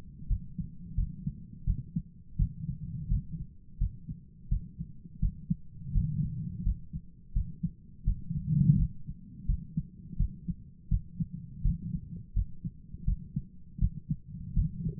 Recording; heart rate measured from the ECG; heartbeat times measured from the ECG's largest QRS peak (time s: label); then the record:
heart sounds by stethoscope; 84 bpm
0.27 s: heartbeat
0.95 s: heartbeat
1.64 s: heartbeat
2.36 s: heartbeat
3.08 s: heartbeat
3.78 s: heartbeat
4.48 s: heartbeat
5.19 s: heartbeat
5.91 s: heartbeat
6.63 s: heartbeat
7.32 s: heartbeat
8.04 s: heartbeat
8.76 s: heartbeat
9.45 s: heartbeat
10.16 s: heartbeat
10.88 s: heartbeat
11.61 s: heartbeat
12.33 s: heartbeat
13.04 s: heartbeat
13.78 s: heartbeat
14.53 s: heartbeat
From the record:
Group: healthy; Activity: rest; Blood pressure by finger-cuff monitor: 150/82 mmHg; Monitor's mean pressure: 96 mmHg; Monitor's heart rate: 83 bpm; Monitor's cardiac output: 8.3 L/min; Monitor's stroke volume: 99 mL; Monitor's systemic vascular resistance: 870 dyn s/cm5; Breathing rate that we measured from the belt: 20 breaths a minute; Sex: male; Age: 57 years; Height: 188 cm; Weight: 106 kg